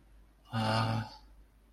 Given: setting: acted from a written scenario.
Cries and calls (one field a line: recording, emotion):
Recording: vocal sound without words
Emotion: disappointment